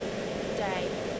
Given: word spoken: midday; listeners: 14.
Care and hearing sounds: one English word in noise, from a listening test; speech-shaped noise; -4.2 dB; 0 of 14; 14 of 14; 0.80 s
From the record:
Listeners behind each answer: 14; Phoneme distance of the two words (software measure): 21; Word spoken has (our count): 2 syllables, 5 phonemes, stress on syllable 2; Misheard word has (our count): 1 syllable, 2 phonemes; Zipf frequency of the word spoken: 3.64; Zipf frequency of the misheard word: 5.99

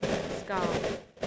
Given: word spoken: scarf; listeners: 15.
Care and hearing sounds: one English word in noise, from a listening test; noise modulated by three-talker babble; -4.8 dB; 3 of 15; 11 of 15; 0.88 s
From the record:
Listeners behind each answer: 11, 3, 1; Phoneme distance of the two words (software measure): 7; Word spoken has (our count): 1 syllable, 4 phonemes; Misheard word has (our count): 1 syllable, 3 phonemes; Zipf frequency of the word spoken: 3.76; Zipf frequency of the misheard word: 3.60

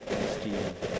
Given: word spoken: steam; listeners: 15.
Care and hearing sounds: one English word in noise, from a listening test; noise modulated by three-talker babble; -6.2 dB; 4 of 15; 9 of 15; 0.59 s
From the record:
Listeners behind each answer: 9, 4, 1, 1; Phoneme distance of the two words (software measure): 10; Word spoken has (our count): 1 syllable, 4 phonemes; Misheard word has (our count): 1 syllable, 4 phonemes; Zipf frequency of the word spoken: 4.39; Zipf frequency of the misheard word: 4.34

